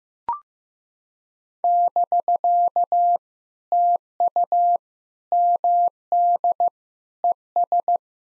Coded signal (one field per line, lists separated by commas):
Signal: Morse code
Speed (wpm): 15 wpm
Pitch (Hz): 700 Hz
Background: none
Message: <BK> TU MD ES